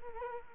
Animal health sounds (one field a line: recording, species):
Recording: mosquito wingbeat signal from an infrared sensor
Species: Culex quinquefasciatus